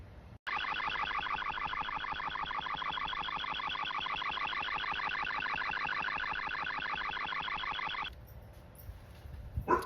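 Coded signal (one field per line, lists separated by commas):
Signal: unidentified radio signal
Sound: fast bubbling, warbling cluster of repeating tones for about eight seconds, then hiss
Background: radio static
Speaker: Here's the jamming signal.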